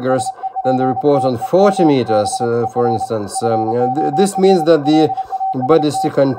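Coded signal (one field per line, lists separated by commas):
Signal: Morse code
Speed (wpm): 30 wpm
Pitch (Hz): 780 Hz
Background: speech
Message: SEPTEMBER FOR LAST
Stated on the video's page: Portable HF operation with an Icom IC-705 at 10 W and a Buddistick antenna.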